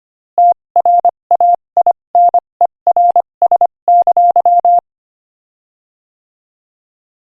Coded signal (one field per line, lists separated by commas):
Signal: Morse code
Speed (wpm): 25 wpm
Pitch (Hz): 700 Hz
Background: none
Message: TRAINERS!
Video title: Morse Code Practice: 25 wpm Joke #25